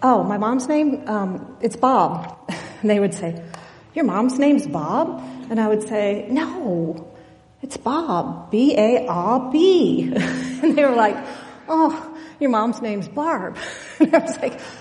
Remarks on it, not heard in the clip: When I was younger, I struggled with a speech impediment. And I mean, I struggled, I stuttered, I was tongue-tied. One of the things I really struggled with was being able to pronounce my R's. I got the opportunity to do 7 years, kindergarten through sixth grade, that I did speech therapy.